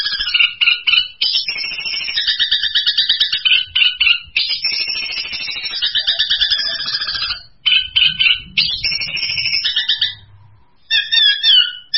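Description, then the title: Long-tailed shrike pouring out a varied, harsh, scratchy song of high chattering and buzzy phrases, with brief breaks and faint low background noise. Champion singing bird. "Kicau Burung Cendet Juara"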